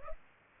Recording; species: mosquito wingbeat signal from an infrared sensor; Culex pipiens